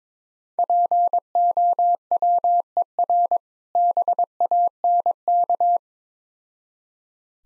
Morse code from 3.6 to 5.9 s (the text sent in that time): BANK